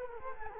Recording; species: mosquito wingbeat signal from an infrared sensor; Culex quinquefasciatus